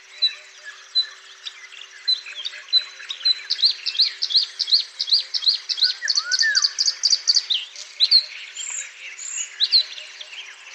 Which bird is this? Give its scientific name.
Luscinia svecica